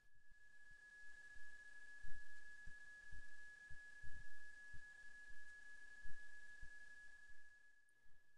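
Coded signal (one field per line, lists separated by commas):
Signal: PSK31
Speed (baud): 31.25 baud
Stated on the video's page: Amateur radio datamodes demonstration, overview for newcomers.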